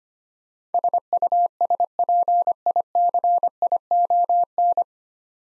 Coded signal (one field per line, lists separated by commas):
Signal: Morse code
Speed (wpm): 25 wpm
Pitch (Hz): 700 Hz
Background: none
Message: SUSPICION